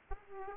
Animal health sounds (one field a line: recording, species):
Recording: mosquito wingbeat signal from an infrared sensor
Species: Aedes aegypti